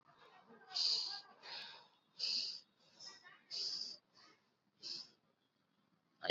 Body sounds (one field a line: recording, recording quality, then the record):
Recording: shallow breathing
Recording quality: excellent, no background noise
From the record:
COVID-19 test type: RT-PCR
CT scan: not taken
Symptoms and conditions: diabetes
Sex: male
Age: 49 years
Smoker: no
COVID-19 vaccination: both doses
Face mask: worn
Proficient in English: yes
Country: India